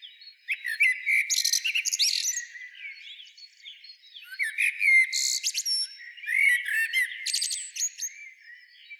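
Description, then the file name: Common blackbird song in several bursts of low warbling and rapid, squeaky high notes, the phrases coming close together. "Turdus merula"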